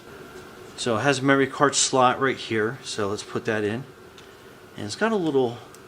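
A memory card is handled at the card slot of a G11PRO 6K drone while someone talks, with a faint brief sound in a pause around 4.2 s. Nothing has seated or clicked into the slot yet.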